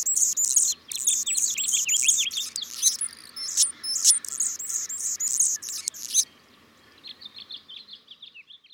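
Anna's hummingbird song, a run of high, scratchy, buzzy phrases repeated for about six seconds, then softer thin chips and squeaks trailing off.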